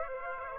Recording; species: mosquito wingbeat signal from an infrared sensor; Aedes aegypti